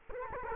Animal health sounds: mosquito wingbeat signal from an infrared sensor; Culex quinquefasciatus

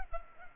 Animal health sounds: mosquito wingbeat signal from an infrared sensor; Culex pipiens

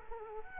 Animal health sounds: mosquito wingbeat signal from an infrared sensor; Culex quinquefasciatus

